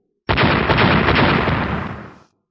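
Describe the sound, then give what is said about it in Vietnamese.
A sudden, loud explosion bursts in at once as millions of objects self-detonate together, roaring across the full range for about two seconds, a dense rumbling blast that fades out smoothly at the end. “Hàng triệu hùng phách kia lập tức tự nổ.”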